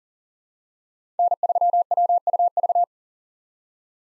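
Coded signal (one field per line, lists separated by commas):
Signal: Morse code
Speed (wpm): 40 wpm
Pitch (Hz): 700 Hz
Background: none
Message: N3WUV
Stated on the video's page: Farnsworth-timed Morse practice of 5-character USA call signs at 40 wpm with 3x character spacing, for head-copy drill.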